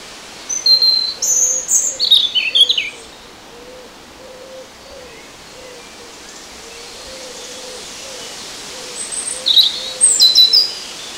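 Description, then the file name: European robin song: two bursts of high, thin, varied warbling phrases, at the start and near the end, over a faint low steady series of soft pulsing tones. "Erithacus rubecula"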